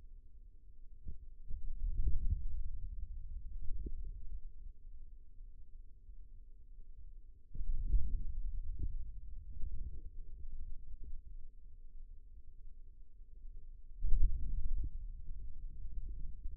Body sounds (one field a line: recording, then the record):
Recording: forearm muscle sounds (acoustic myography)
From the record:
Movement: hand closing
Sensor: system 2, bracelet of six BSWA MPA416 microphones around the upper forearm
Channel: 3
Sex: male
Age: 22 years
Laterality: right